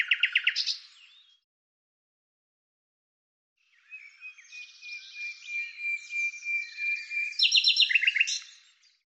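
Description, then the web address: Bird song: a fast run of bright, buzzy repeated notes opens, then after a pause a long trilled phrase with a sustained whistle, ending in rapid repeated chirps. "Deverinetal 2025"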